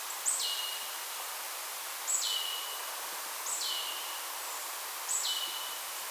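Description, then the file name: Marsh tit calls: four spaced notes, each a high sharp onset falling into a lower tail, over hiss. "Poecile palustris"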